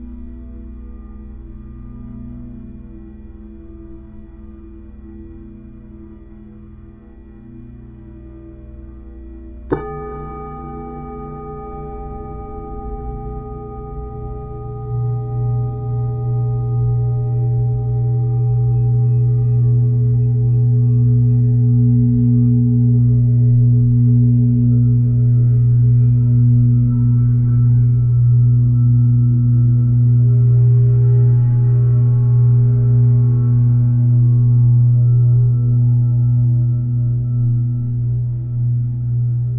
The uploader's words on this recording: Reiki Healing | Tibetan Singing Bowls for Mental, Physical, Spiritual and Emotional Healing. The resonating sounds of the Tibetan singing bowls.